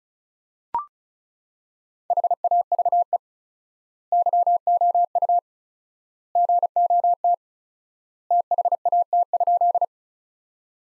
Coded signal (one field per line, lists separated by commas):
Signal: Morse code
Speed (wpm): 34 wpm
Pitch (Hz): 700 Hz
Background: none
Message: HAVE YOU GOT THAT?